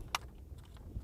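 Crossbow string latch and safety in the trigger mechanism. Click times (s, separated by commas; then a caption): 0.2 s. A TenPoint crossbow with an ACUdraw crank is cocked by turning the crank clockwise until the string latches at full draw and the safety button in the trigger mechanism pops out. A sharp, bright click at 0.15 s marks the safety setting at full cock, followed by faint low rumble and a few soft ticks. The crossbow is fully cocked with the safety set.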